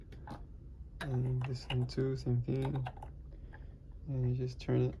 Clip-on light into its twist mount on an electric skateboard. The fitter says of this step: until you hear that click